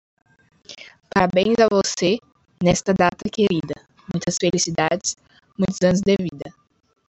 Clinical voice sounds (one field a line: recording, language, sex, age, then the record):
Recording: short text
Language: Brazilian Portuguese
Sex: female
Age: 20 to 29 years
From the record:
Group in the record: control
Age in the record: 20 years